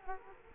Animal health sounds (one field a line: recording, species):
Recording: mosquito wingbeat signal from an infrared sensor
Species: Aedes aegypti